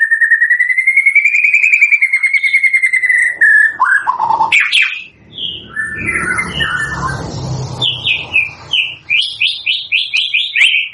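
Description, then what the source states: White-rumped shama song opening with a long rapid warbled trill, then mixed chattering notes and a run of quick repeated whistles. Lure song used for trapping (pikat); lively singing bird (gacor).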